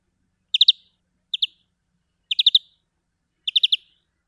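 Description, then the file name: European greenfinch giving rapid clipped notes in groups of two to four, four bursts separated by short pauses against a quiet background. "Chloris chloris"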